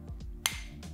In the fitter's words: with your badge code and the cap does click into place